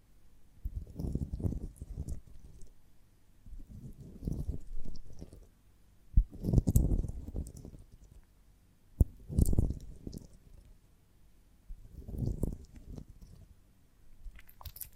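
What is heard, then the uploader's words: ASMR handling of a honeycomb on a branch: soft, low, muffled rubbing and crunching comes in bursts every two to three seconds, with quiet gaps between. Two sharp clicks stand out, near six and nine seconds, and faint crackles flicker above. ASMR of a Honeycomb on Branch (No Talking).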